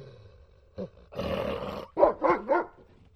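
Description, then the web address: Dobermann sound: a short yelp, then a rough, drawn-out growling roar, followed by three quick barks. Mobile phone ringtone. "allevamentobarbara. animali doberman"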